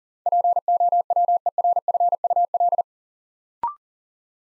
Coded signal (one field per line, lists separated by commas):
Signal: Morse code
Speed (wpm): 38 wpm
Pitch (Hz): 700 Hz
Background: none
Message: POWERFUL